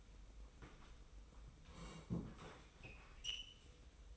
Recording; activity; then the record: daily activity, microphone in the room; sit down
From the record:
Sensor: 1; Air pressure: 990.5 hPa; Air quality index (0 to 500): 155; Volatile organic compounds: 1000 ppm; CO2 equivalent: 5628 ppm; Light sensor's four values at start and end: 28/65/28/30 and 28/66/28/31